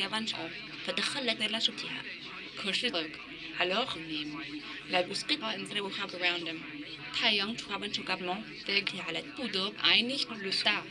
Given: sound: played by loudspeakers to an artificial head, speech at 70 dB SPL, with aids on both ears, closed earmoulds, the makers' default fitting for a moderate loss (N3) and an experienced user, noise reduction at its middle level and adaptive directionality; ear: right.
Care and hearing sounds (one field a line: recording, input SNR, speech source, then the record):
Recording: speech test signal (ISTS) in cocktail-party noise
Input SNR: +6 dB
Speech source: on the right (90 degrees)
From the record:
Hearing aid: class 2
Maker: D